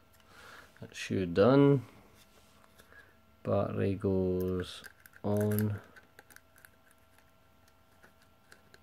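A TX-2003 metal detector pinpointer's inner assembly is handled as it is lined up to be pushed home into its plastic casing with side clips. Someone talks in three bursts, with faint handling ticks around 2.6, 2.9, 6.2 to 6.7 and 8.5 seconds. Nothing has seated or clicked yet.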